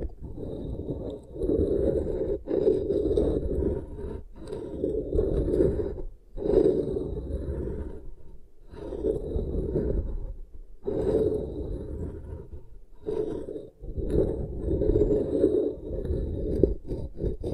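Beeswax is pressed and rubbed in slow, dense passes of soft, muffled scraping, mostly low and warm with a faint crinkly top. Each pass lasts a second or two, broken by brief silent gaps roughly every two seconds.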